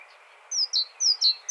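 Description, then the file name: Great tit: bright two-note figures, high then lower, given in quick repetition against a faint hiss. "Parus major"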